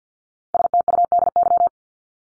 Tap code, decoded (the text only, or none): none